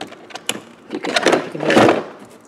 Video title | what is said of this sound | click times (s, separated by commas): My Apartment Tour | you just click on this part right here cuz this snaps into place like that | 0.5 s